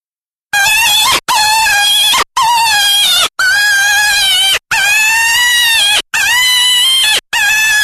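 Jackrabbit distress call: loud, harsh, strained screams with rich harmonics, given as seven long cries, each about a second, separated by brief silent gaps.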